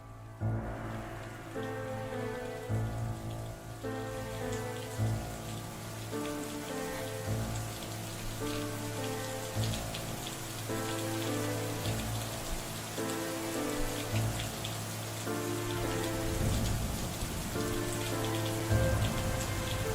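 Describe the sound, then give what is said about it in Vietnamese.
Steady rain falls outside, pattering continuously for the whole stretch, a dense, even hiss of drops with sustained, low musical tones droning beneath it and no voices. “Ở bên ngoài trời giả rích một màn mưa ẩm ướt.”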